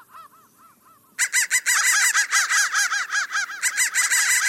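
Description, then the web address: Crow calls, a few soft caws at first, then a sudden loud burst of harsh overlapping cawing from a group of birds. "soundfactory crow 1"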